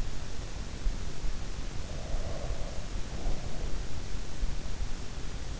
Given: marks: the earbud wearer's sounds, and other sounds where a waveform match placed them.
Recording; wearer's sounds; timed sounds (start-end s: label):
sounds in sleep by an in-ear microphone; breath
1.95-3.75 s: breath